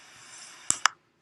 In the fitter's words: they make an audible pop sound